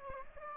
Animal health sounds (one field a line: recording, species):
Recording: mosquito wingbeat signal from an infrared sensor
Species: Aedes albopictus